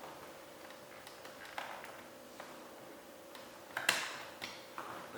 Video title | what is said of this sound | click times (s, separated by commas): C6 Shift Boot Replacement and GMPartsHouse Discount | It all just kind of snapped into place there. | 3.8 s, 3.9 s